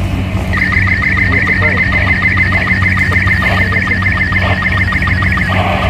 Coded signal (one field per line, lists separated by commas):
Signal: SSTV (slow-scan television)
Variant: Robot 36